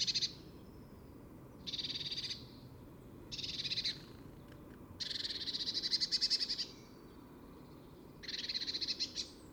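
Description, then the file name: Eurasian blue tit repeating short rasping churr calls, several rattling bursts with one much longer than the rest, spaced by pauses of a second or so. "Cyanistes caeruleus"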